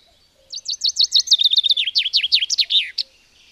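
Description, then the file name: Common chaffinch song: crisp notes in a quickening series, dropping in pitch, then slower sweeping notes and a final flourish. "erdei pinty"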